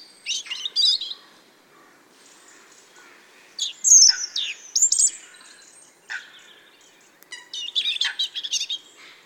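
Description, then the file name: European robin song in several short, high phrases of varied whistles and trills, with pauses between them. "Erithacus rubecula"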